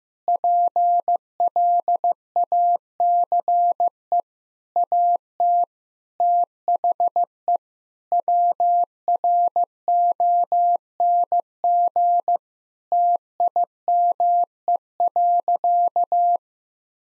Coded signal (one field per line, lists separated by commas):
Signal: Morse code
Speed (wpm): 15 wpm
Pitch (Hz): 700 Hz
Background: none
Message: PLACE AT THE WRONG TIME.